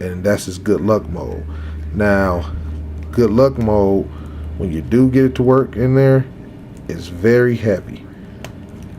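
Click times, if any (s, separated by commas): 8.5 s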